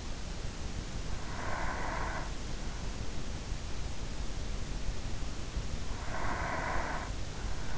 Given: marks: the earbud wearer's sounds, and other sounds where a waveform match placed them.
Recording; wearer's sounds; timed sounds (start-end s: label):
sounds in sleep by an in-ear microphone; breath
0.93-2.58 s: breath
5.51-7.78 s: breath